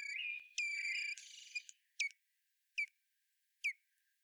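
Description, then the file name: Common blackbird calls: a buzzy, harmonic chatter in the first second and a half, followed by three sharp, downward-slurred chinking notes spaced under a second apart. "Turdus merula"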